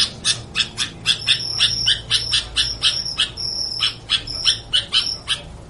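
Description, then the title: Sooty-headed bulbul gives quick, repeated high chirps, with short flat whistles added partway through; the chirping runs fast and uneven throughout. "Suara Burung Kutilang"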